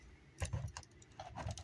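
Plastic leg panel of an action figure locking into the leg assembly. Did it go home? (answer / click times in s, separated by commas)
yes / 0.8 s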